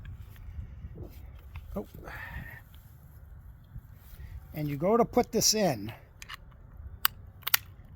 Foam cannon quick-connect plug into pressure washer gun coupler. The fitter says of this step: make sure you hear that click and it is locked in if you don't